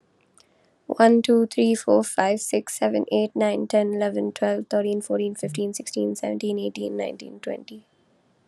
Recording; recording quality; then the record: counting at a fast pace; excellent, no background noise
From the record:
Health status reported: COVID-19 positive, mild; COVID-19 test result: positive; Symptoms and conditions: cough, cold, sore throat, fever, loss of smell and taste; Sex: female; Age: 20 years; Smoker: not ticked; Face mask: not worn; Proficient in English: yes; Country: India